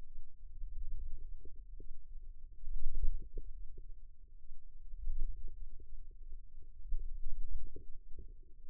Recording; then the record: forearm muscle sounds (acoustic myography)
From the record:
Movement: wrist extension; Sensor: system 2, bracelet of six BSWA MPA416 microphones around the upper forearm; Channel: 5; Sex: female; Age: 22 years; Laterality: right